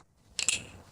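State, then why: Seated. The folding section of an extended crank handle for a Spellbinders die-cutting machine is swung shut, and its magnetic lock pulls it home. Two sharp snaps are heard at 0.4 s and 0.5 s, with bright high-frequency energy fading out afterward. The handle arm is seated in its magnetic lock.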